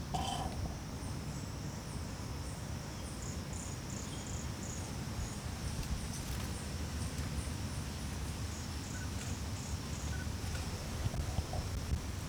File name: MHNCI Brachycephalus sulfuratus Nucleo Itutinga Piloes ind 2 not collected 08 out 2016 MRBornschein